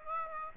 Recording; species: mosquito wingbeat signal from an infrared sensor; Aedes aegypti